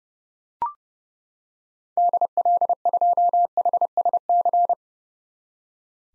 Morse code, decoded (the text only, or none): DL2HSC